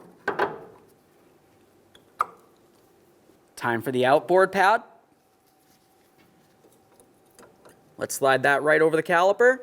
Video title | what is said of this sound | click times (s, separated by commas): How to Replace Rear Brakes 2002-2005 Ford Explorer | press it down listen for our click | 0.3 s, 2.2 s